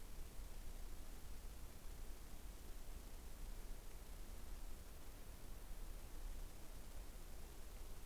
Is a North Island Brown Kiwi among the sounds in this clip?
no